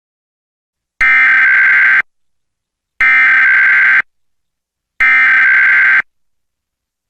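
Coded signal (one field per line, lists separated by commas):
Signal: Emergency Alert System (SAME) tones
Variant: header bursts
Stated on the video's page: Mock EAS Required Monthly Test for Texas via IPAWSCAP, with valid tones and text-to-speech voices.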